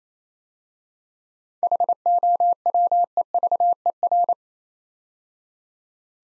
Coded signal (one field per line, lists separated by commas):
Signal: Morse code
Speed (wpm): 28 wpm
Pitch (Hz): 700 Hz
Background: none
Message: HOWEVER